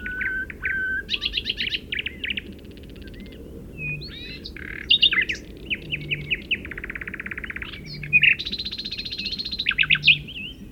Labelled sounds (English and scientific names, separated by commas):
Common Nightingale (Luscinia megarhynchos) song